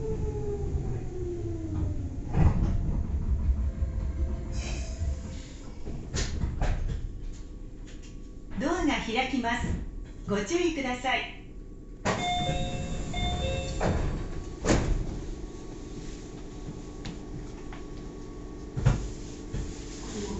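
A Meitetsu Toyota Line train on the run from Sanage through Umetsubo to Akaike, with a steady low rumble throughout. A falling tone opens the clip, then sharp clunks near 2.5, 6, 14.5 and 19 seconds, and between roughly 8.5 and 11.5 seconds a wavering, warbling tone.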